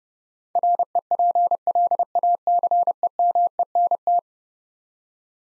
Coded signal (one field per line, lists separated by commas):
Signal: Morse code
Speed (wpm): 30 wpm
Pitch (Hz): 700 Hz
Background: none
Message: REPLACEMENT